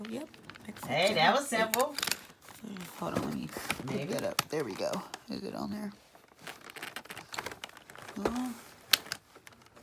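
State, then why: Partly seated. A spin scrubber's extension pole is pushed onto the scrubber handle while someone talks over crinkling and handling noise. A sharp click is heard at 8.9 s, but the joint stays loose, so the pole is not fully home.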